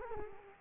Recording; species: mosquito wingbeat signal from an infrared sensor; Culex quinquefasciatus